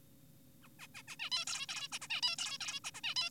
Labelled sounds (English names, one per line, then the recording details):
Zebra Finch
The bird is an adult
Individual g4p5U